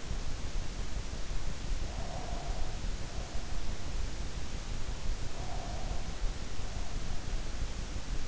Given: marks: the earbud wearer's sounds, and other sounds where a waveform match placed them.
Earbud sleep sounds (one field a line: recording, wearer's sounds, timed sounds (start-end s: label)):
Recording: sounds in sleep by an in-ear microphone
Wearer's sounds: breath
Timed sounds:
1.85-2.92 s: breath
5.17-6.37 s: breath